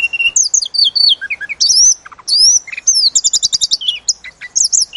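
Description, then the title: Sunda robin song: rapid high chirps mixed with slurred whistles and a quick run of repeated notes. Used to train cage birds. "Masteran Tledekan Gunung Sikatan Gunung"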